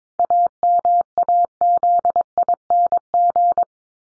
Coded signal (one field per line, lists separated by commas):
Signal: Morse code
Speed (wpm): 22 wpm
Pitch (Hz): 700 Hz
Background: none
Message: AMAZING